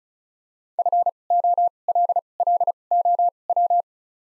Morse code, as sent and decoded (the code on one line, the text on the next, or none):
..-. / --- / .-.. / .-.. / --- / .--
F O L L O W